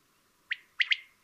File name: Common-Quail- Coturnix-coturnix